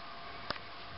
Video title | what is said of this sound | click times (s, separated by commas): DesignJet 450C repair- cartridge error | hear me click in the cyan and you | 0.5 s, 0.6 s